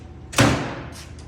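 A hopper funnel is put back onto a Scale-O-Matic S300 dough scale and locked into place by pressing it with a foot. A heavy thump lands at 0.4 s, and the funnel seats. The thump rings out over the next half second, and a few faint hissy rustles follow.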